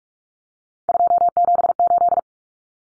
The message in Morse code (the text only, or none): 278